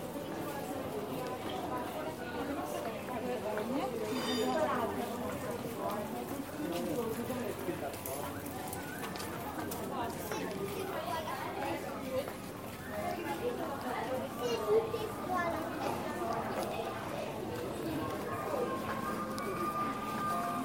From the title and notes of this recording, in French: Taormina, Sicily, Italy. Enregistrements audio réalisés en milieu urbain.